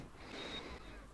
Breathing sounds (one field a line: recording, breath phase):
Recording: one breath near a microphone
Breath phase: inhalation